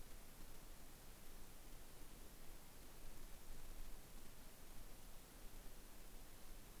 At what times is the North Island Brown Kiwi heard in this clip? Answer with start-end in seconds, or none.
none